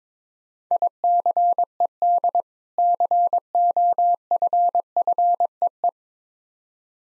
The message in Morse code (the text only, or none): ICED COFFEE